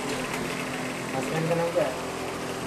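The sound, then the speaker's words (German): A steady whirring hum of fans in a post office in New Delhi, India, where two employees type on computers, runs without a break, a low mechanical drone with faint, indistinct voices murmuring underneath. “Unter surrenden Ventilatoren tippen zwei Angestellte fleißig an ihren Rechnern.”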